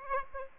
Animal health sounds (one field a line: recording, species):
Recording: mosquito wingbeat signal from an infrared sensor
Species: Aedes aegypti